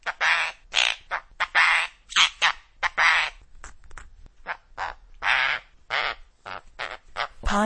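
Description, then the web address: Conure giving loud, harsh squawks and screeches, uneven in length and spacing, sometimes in quick runs throughout. "parrot conure sounds noises"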